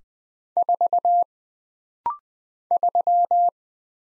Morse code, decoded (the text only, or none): 4 3